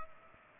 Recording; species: mosquito wingbeat signal from an infrared sensor; Culex pipiens